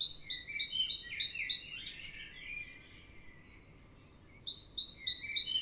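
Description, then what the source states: Birds singing: bursts of rapid, repeated high chirps with a warbling phrase in the middle, a quieter pause, then the quick chirping returns. Birds in the morning.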